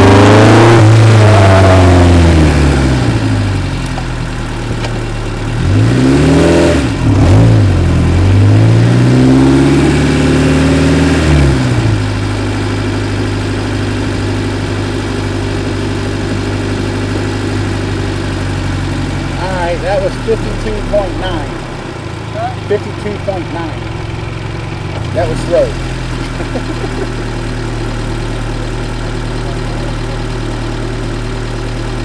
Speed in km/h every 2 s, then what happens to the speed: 32, 0, 0, 6, 21, 23, 23, 21, 19, 16, 11, 8, 10, 8, 0, 0.
0-2 brakes to 0. 2-5 standing. 5-9 pulls away to 23. 9-17 steady at about 21. 17-28 slows to 0. 28-32 standing.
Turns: 9-14.